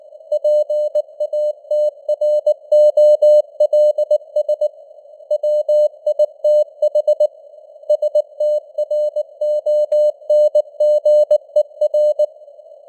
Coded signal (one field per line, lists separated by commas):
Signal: Morse code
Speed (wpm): 19 wpm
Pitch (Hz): 600 Hz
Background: none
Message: PATROLS WITH STRONGER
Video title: Morse Code News | 2025-10-04 | 19wpm